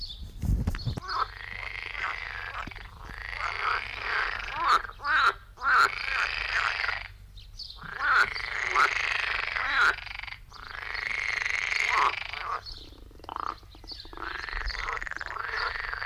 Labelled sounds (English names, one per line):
Edible Frog call